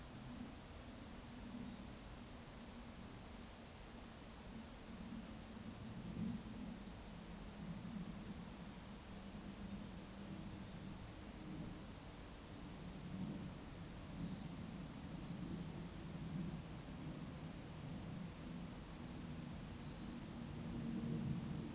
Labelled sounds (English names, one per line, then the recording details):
Eurasian Woodcock
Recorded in Baden-Württemberg, Germany, on 19 May 2021 at 19:30 UTC
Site 45967, 814 m above sea level